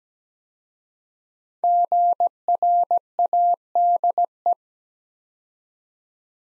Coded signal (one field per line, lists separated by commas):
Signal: Morse code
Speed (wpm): 17 wpm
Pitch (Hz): 700 Hz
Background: none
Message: GRADE